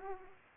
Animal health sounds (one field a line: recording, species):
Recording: mosquito wingbeat signal from an infrared sensor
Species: Aedes aegypti